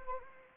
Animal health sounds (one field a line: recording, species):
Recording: mosquito wingbeat signal from an infrared sensor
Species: Anopheles arabiensis